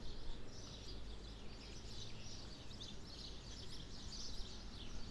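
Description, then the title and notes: Birds chirping faintly in a continuous high chorus over a loud low rumble. Birds nesting in trees either side of a path leading up to the church in Sete Cidades, Azores. "Atonal church bells, Sete Cidades. birds nesting in the trees either side of a path leading up to the church provide a more melodious accompaniment. Recorded by Cities and Memory"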